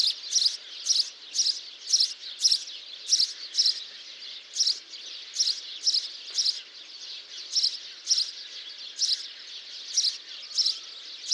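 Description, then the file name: House sparrow giving repeated sharp chirps in short runs separated by brief gaps, over a continuous high-pitched background hiss. "Passer domesticus"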